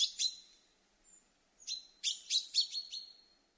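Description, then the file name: Common chaffinch calls: a couple of sharp notes, a pause, then a quick burst of several bright clipped chips with short ringing tails, in a quiet background. "Fringilla coelebs"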